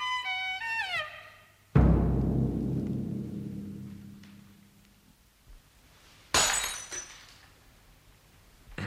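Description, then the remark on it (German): A glass dropped by a man shatters in a bright, sparkling burst of breaking shards, coming after a heavy crash that fades into a long low rumble. No one speaks. “Sie haben das Glas fallen lassen, Herr Doktor.”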